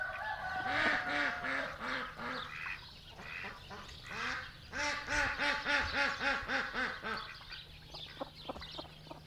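Ducks quacking in rapid runs of nasal calls, in bursts with short pauses.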